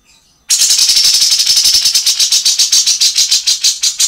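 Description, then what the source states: Grey-cheeked bulbul breaking into a continuous harsh rattle after a short quiet start, rapid grating pulses running on to the end. Master recording made for training songbirds.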